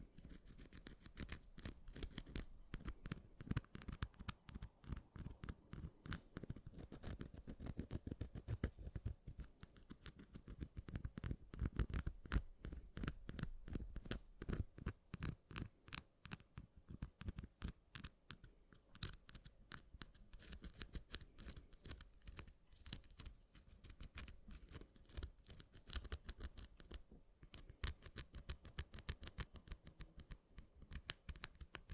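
Quick, light scratching runs without pause for the whole stretch, a dense patter of short raspy strokes coming at a fast, fairly even rate. The strokes swell and fade slightly in loudness, heaviest around ten to thirteen seconds, with no other sounds behind them.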